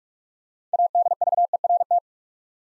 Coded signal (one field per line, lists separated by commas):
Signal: Morse code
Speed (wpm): 44 wpm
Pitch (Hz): 700 Hz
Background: none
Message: ADVERT